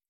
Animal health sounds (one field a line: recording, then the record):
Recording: hydrophone in a shrimp aquaculture tank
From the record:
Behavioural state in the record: stressed